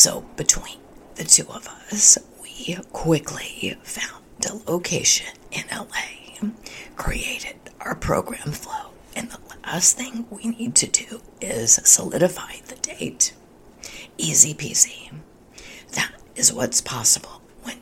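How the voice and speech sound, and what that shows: An adult woman speaks fluently in a breathy, hoarse, half-whispered voice, with voicing that drops out and catches on words: spasmodic dysphonia, a voice disorder in which spasms of the voice box muscles break up or strain the voice, here making her voice sound hoarse and liable to give out.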